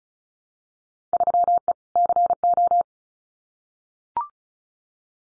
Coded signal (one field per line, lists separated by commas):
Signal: Morse code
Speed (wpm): 36 wpm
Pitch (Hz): 700 Hz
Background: none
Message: 3E CO